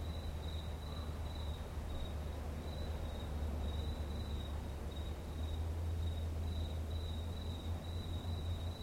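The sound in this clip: Cricket song, a thin, high, steady trill broken into short pulsed bursts, over a constant deep rumble of low background noise.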